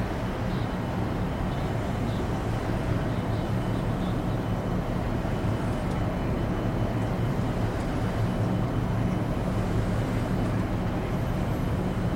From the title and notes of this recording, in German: Raumflug | Tiefenschlaf Shuttle-Kabinenatmosphäre. In dieser Episode erleben Sie die zarten Summtöne und leisen Pieptöne des Shuttles.